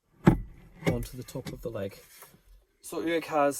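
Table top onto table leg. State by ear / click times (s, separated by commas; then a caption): seated / 0.3 s. A campervan table top, pulled out from behind the driver's seat of a Volkswagen Transporter T6 SWB 4-berth campervan, is popped onto the top of the fitted table leg. A single sharp knock sounds at 0.3 s as the top seats on the leg, and someone talks around it.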